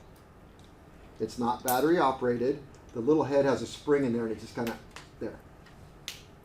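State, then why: Torque reached. A click-type torque wrench is pulled, and its spring-loaded head reaches its set torque and breaks over with one sharp click at 6.1 s, confirming the torque was reached. Before that, someone talks.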